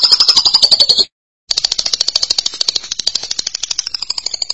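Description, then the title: Lovebird song: fast buzzy chatter, a brief pause, then a long series of rapid pulsed high notes. "BM Suara Burung Lovebird"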